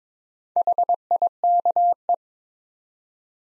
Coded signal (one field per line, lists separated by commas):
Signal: Morse code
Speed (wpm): 22 wpm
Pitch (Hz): 700 Hz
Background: none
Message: HIKE